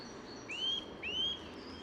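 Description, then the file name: Eurasian nuthatch call: two clear, rising whistled notes, each sliding upward then leveling, about half a second apart, over a soft background hiss. "Sitta europaea"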